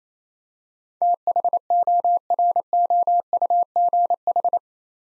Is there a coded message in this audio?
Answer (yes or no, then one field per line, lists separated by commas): yes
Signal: Morse code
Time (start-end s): 1.0-4.6 s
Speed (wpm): 28 wpm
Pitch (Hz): 700 Hz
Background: none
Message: THOROUGH